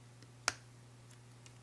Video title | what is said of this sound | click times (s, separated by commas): Insta360 One RS VLOG Setup with External Mic and Test | line it up with the usbc and it's a nice little click | 0.5 s